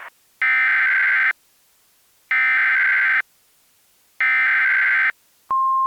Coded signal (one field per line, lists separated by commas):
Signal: Emergency Alert System (SAME) tones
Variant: header bursts